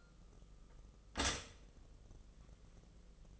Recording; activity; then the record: daily activity, microphone in the room; stop toaster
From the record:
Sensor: 4